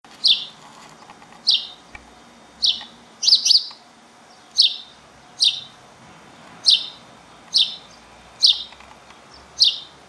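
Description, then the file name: House sparrow giving sharp chirps around a steady pitch, each a short descending note, repeated about once a second with a quick double chirp partway through; faint background hiss. "Passer domesticus"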